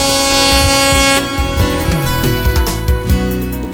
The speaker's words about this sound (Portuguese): E a buzina do Lobo Mal, Bandela.